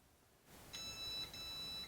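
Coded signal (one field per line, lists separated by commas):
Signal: beep code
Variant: electronic keypad deadbolt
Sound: two steady electronic beeps, each about half a second, close together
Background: room hiss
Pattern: 2 long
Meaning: Two beeps confirm the lock has entered programming mode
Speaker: Hit program. (powerbolt beeps) Two beeps. Press one two.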